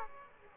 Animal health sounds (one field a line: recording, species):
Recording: mosquito wingbeat signal from an infrared sensor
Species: Aedes aegypti